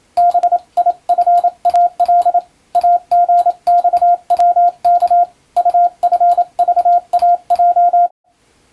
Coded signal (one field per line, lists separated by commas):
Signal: Morse code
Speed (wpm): 27 wpm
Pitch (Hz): 700 Hz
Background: radio noise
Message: BIFAL AGXWK UFVAJ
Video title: モールス受信練習用！アマチュア無線ハムの受信練習にYouTubeの再生速度を自分の好みに調整して毎日聴いてみよう！欧文ＣＷをエレキーで打っています(morse code learning)